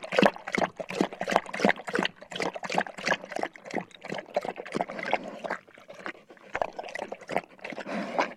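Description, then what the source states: Dog drinking, quick wet laps and splashes repeating roughly three times a second, with a brief pause about two-thirds of the way through. Dog drinking water from a bowl.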